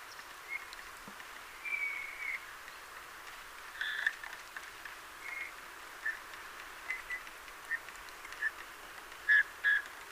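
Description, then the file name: Eurasian bullfinch calls: soft, short piping whistles given irregularly over several seconds, against a steady background hiss. "Pyrrhula pyrrhula"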